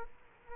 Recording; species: mosquito wingbeat signal from an infrared sensor; Culex quinquefasciatus